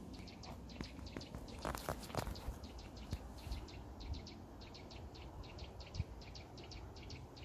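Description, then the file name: Bird calls: rapid high ticks in pairs repeat evenly throughout, with a few louder rustling or footstep-like knocks and steady low rumble. "fugl"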